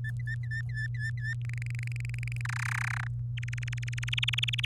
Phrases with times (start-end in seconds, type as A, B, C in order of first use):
0.04-1.34 A, 1.45-2.41 B, 2.45-3.07 C, 3.37-4.65 D